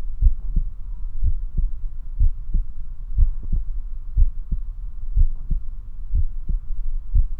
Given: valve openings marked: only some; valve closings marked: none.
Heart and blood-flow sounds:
heart sounds by stethoscope; 61 bpm
0.23 s: heartbeat (ECG mark)
1.25 s: heartbeat (ECG mark)
2.21 s: heartbeat (ECG mark)
3.19 s: heartbeat (ECG mark)
3.25 s: aortic valve opens (echo mark)
4.19 s: heartbeat (ECG mark)
5.18 s: heartbeat (ECG mark)
5.24 s: aortic valve opens (echo mark)
6.16 s: heartbeat (ECG mark)
7.16 s: heartbeat (ECG mark)
7.21 s: aortic valve opens (echo mark)
From the record:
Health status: healthy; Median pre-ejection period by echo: 54 ms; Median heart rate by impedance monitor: 60 bpm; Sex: male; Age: 21 years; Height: 174 cm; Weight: 70 kg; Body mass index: 23.12

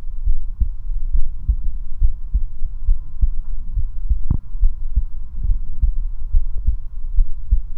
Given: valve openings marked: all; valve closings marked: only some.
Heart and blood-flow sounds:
heart sounds by stethoscope; 69 bpm
0.29 s: heartbeat (ECG mark)
0.32 s: aortic valve opens (echo mark)
0.60 s: aortic valve closes (echo mark)
1.16 s: heartbeat (ECG mark)
1.20 s: aortic valve opens (echo mark)
1.49 s: aortic valve closes (echo mark)
2.04 s: heartbeat (ECG mark)
2.08 s: aortic valve opens (echo mark)
2.36 s: aortic valve closes (echo mark)
2.90 s: heartbeat (ECG mark)
2.94 s: aortic valve opens (echo mark)
3.23 s: aortic valve closes (echo mark)
3.79 s: heartbeat (ECG mark)
3.82 s: aortic valve opens (echo mark)
4.12 s: aortic valve closes (echo mark)
4.64 s: heartbeat (ECG mark)
4.68 s: aortic valve opens (echo mark)
4.98 s: aortic valve closes (echo mark)
5.51 s: heartbeat (ECG mark)
5.55 s: aortic valve opens (echo mark)
5.84 s: aortic valve closes (echo mark)
6.36 s: heartbeat (ECG mark)
6.40 s: aortic valve opens (echo mark)
6.69 s: aortic valve closes (echo mark)
7.20 s: heartbeat (ECG mark)
7.23 s: aortic valve opens (echo mark)
From the record:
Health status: healthy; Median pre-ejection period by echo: 37 ms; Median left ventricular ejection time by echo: 294 ms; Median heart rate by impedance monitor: 69 bpm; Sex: male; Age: 19 years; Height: 179 cm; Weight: 78 kg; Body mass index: 24.34

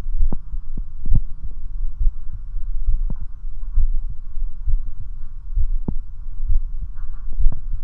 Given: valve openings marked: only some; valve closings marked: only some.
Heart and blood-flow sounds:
heart sounds by stethoscope; 67 bpm
0.21 s: heartbeat (ECG mark)
0.26 s: aortic valve opens (echo mark)
0.53 s: aortic valve closes (echo mark)
1.12 s: heartbeat (ECG mark)
1.18 s: aortic valve opens (echo mark)
1.44 s: aortic valve closes (echo mark)
2.02 s: heartbeat (ECG mark)
2.89 s: heartbeat (ECG mark)
2.95 s: aortic valve opens (echo mark)
3.22 s: aortic valve closes (echo mark)
3.78 s: heartbeat (ECG mark)
3.84 s: aortic valve opens (echo mark)
4.12 s: aortic valve closes (echo mark)
4.69 s: heartbeat (ECG mark)
4.75 s: aortic valve opens (echo mark)
5.03 s: aortic valve closes (echo mark)
5.59 s: heartbeat (ECG mark)
5.64 s: aortic valve opens (echo mark)
5.93 s: aortic valve closes (echo mark)
6.51 s: heartbeat (ECG mark)
6.57 s: aortic valve opens (echo mark)
6.83 s: aortic valve closes (echo mark)
7.42 s: heartbeat (ECG mark)
From the record:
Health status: healthy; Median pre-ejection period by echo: 55 ms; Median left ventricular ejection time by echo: 278 ms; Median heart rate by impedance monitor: 67 bpm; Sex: male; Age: 40 years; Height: 179 cm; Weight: 76 kg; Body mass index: 23.72

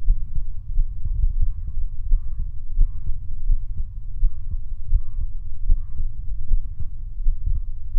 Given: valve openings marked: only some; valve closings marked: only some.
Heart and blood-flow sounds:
heart sounds by stethoscope; 84 bpm
0.09 s: heartbeat (ECG mark)
0.13 s: aortic valve opens (echo mark)
0.37 s: aortic valve closes (echo mark)
0.78 s: heartbeat (ECG mark)
0.83 s: aortic valve opens (echo mark)
1.07 s: aortic valve closes (echo mark)
1.41 s: heartbeat (ECG mark)
1.46 s: aortic valve opens (echo mark)
1.69 s: aortic valve closes (echo mark)
2.12 s: heartbeat (ECG mark)
2.17 s: aortic valve opens (echo mark)
2.41 s: aortic valve closes (echo mark)
2.80 s: heartbeat (ECG mark)
2.85 s: aortic valve opens (echo mark)
3.08 s: aortic valve closes (echo mark)
3.50 s: heartbeat (ECG mark)
3.55 s: aortic valve opens (echo mark)
3.79 s: aortic valve closes (echo mark)
4.24 s: heartbeat (ECG mark)
4.28 s: aortic valve opens (echo mark)
4.53 s: aortic valve closes (echo mark)
4.93 s: heartbeat (ECG mark)
4.99 s: aortic valve opens (echo mark)
5.22 s: aortic valve closes (echo mark)
5.71 s: heartbeat (ECG mark)
5.75 s: aortic valve opens (echo mark)
5.99 s: aortic valve closes (echo mark)
6.52 s: heartbeat (ECG mark)
6.56 s: aortic valve opens (echo mark)
6.81 s: aortic valve closes (echo mark)
7.27 s: heartbeat (ECG mark)
7.32 s: aortic valve opens (echo mark)
7.56 s: aortic valve closes (echo mark)
7.97 s: heartbeat (ECG mark)
From the record:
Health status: healthy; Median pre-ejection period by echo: 50 ms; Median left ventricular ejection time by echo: 243 ms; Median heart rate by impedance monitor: 74 bpm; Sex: female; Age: 20 years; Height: 170 cm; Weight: 60 kg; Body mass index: 20.76

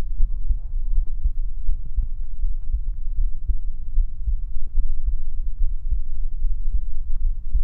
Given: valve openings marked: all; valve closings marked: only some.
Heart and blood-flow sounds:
heart sounds by stethoscope; 77 bpm
0.20 s: heartbeat (ECG mark)
0.29 s: aortic valve opens (echo mark)
0.47 s: aortic valve closes (echo mark)
0.95 s: heartbeat (ECG mark)
1.04 s: aortic valve opens (echo mark)
1.24 s: aortic valve closes (echo mark)
1.68 s: heartbeat (ECG mark)
1.76 s: aortic valve opens (echo mark)
1.96 s: aortic valve closes (echo mark)
2.44 s: heartbeat (ECG mark)
2.52 s: aortic valve opens (echo mark)
2.71 s: aortic valve closes (echo mark)
3.19 s: heartbeat (ECG mark)
3.30 s: aortic valve opens (echo mark)
3.48 s: aortic valve closes (echo mark)
3.98 s: heartbeat (ECG mark)
4.07 s: aortic valve opens (echo mark)
4.27 s: aortic valve closes (echo mark)
4.78 s: heartbeat (ECG mark)
4.86 s: aortic valve opens (echo mark)
5.07 s: aortic valve closes (echo mark)
5.62 s: heartbeat (ECG mark)
5.71 s: aortic valve opens (echo mark)
5.89 s: aortic valve closes (echo mark)
6.45 s: heartbeat (ECG mark)
6.55 s: aortic valve opens (echo mark)
6.73 s: aortic valve closes (echo mark)
7.25 s: heartbeat (ECG mark)
7.33 s: aortic valve opens (echo mark)
From the record:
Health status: healthy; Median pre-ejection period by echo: 87 ms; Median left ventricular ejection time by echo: 196 ms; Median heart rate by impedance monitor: 76 bpm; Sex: male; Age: 20 years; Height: 181 cm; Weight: 74 kg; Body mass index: 22.59

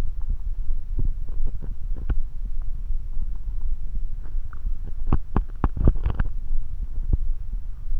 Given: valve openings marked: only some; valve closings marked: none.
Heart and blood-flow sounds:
heart sounds by stethoscope; 83 bpm
0.01 s: heartbeat (ECG mark)
0.05 s: aortic valve opens (echo mark)
0.71 s: heartbeat (ECG mark)
0.75 s: aortic valve opens (echo mark)
1.41 s: heartbeat (ECG mark)
1.46 s: aortic valve opens (echo mark)
2.15 s: heartbeat (ECG mark)
2.20 s: aortic valve opens (echo mark)
2.92 s: heartbeat (ECG mark)
2.97 s: aortic valve opens (echo mark)
3.66 s: heartbeat (ECG mark)
3.71 s: aortic valve opens (echo mark)
4.36 s: heartbeat (ECG mark)
4.41 s: aortic valve opens (echo mark)
5.08 s: heartbeat (ECG mark)
5.12 s: aortic valve opens (echo mark)
5.80 s: heartbeat (ECG mark)
6.53 s: heartbeat (ECG mark)
7.23 s: heartbeat (ECG mark)
7.28 s: aortic valve opens (echo mark)
7.93 s: heartbeat (ECG mark)
7.97 s: aortic valve opens (echo mark)
From the record:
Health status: healthy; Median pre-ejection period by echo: 48 ms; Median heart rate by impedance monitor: 92 bpm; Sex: female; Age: 19 years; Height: 155 cm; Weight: 52 kg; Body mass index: 21.63

